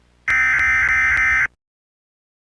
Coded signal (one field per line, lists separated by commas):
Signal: Emergency Alert System (SAME) tones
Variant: end-of-message bursts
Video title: [2024 REUPLOAD] THE LAST SEASON- EAS SCENARIO